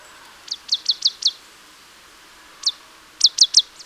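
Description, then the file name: Marsh tit calling: a quick run of five sharp, high, downslurred notes, then a single note and a tight burst of three more, over quiet background hiss. "Poecile palustris"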